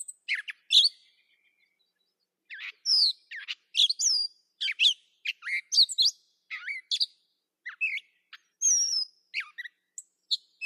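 Catbird song of mixed squeaky and scratchy phrases, a short burst, a pause, then a steady varied stream of notes.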